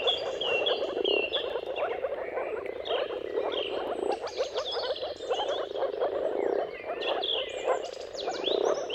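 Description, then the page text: Moor frog chorus of dense, muffled, pulsing calls rising and falling in loudness, overlaid by birds singing rising whistles and chirps. Moor frogs' mating calls in a chorus at sunrise, at the turn of March and April, timing depending on the weather. "Jakub-Orzecki moor frogs. Dawn’s Chorus: Mating Calls of Marsh Frogs at Sunrise. Depending on the weather at the turn of March and April, you can witness an amazing spectacle of moor frogs"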